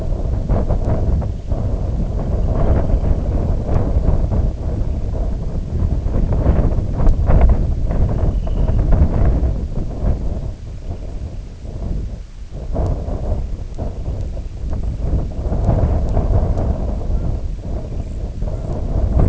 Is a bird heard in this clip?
yes